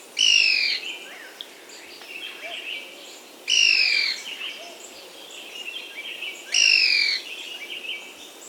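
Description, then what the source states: Yungas tody-tyrant giving clear falling whistled notes, three in all at roughly three-second intervals, with soft background chirping from other birds. South America.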